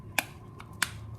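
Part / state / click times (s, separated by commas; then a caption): battery pack into electric scissors handle / seated / 0.2 s, 0.8 s. A rechargeable battery pack is slid into the battery compartment in the handle of Wicks electric scissors until it snaps home. Two loud, sharp clicks land at 0.2 s and 0.8 s, with a fainter tick near 0.6 s in between. The battery is seated.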